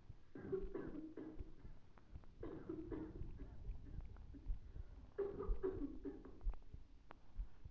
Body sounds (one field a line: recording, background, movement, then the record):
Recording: deep breathing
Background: a bystander coughing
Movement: sitting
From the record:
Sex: male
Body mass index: 20.5 kg/m2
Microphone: on the chest, facing the body